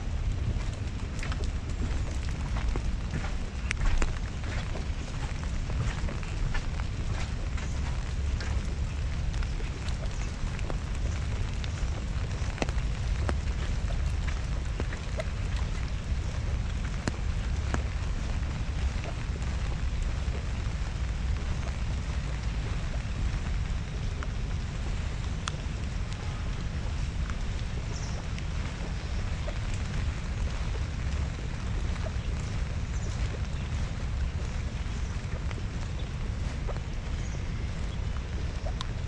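Rain falls steadily in Central Park while someone walks through it, a dense, even hiss with a heavy low rumble underneath. Countless small drips and taps crackle throughout, with no pauses, and the level stays constant for the whole stretch.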